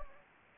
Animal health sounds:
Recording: mosquito wingbeat signal from an infrared sensor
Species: Anopheles gambiae

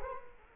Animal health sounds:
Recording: mosquito wingbeat signal from an infrared sensor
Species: Culex quinquefasciatus

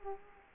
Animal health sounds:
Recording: mosquito wingbeat signal from an infrared sensor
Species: Culex quinquefasciatus

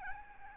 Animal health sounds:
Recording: mosquito wingbeat signal from an infrared sensor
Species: Aedes albopictus

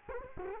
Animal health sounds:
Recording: mosquito wingbeat signal from an infrared sensor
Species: Culex quinquefasciatus

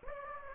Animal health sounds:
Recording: mosquito wingbeat signal from an infrared sensor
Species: Aedes aegypti

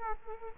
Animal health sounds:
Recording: mosquito wingbeat signal from an infrared sensor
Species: Culex quinquefasciatus

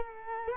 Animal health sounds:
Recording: mosquito wingbeat signal from an infrared sensor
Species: Culex quinquefasciatus

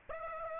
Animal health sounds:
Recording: mosquito wingbeat signal from an infrared sensor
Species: Aedes aegypti

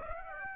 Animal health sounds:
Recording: mosquito wingbeat signal from an infrared sensor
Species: Aedes aegypti

